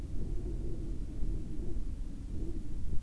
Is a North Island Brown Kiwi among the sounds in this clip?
no